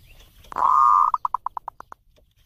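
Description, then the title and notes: Zebra dove coo: one drawn-out note that breaks into several clipped, rhythmic pulses, ending in quiet. Compilation of zebra dove song intended for training (mastering) other birds. "Kupulan Burung Perkutut Pm3. burung perkutut yang bisa digunakan untuk memaster"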